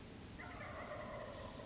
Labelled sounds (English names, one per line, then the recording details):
Wild Turkey
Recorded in Sonoma County, California